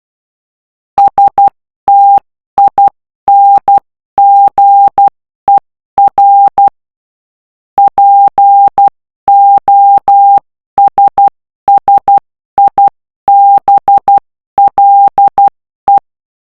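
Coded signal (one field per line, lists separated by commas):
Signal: Morse code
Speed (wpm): 12 wpm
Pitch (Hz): 800 Hz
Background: none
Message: STINGER POSSIBLE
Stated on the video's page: Morse code puzzle in the game Bonelab on Meta Quest 2.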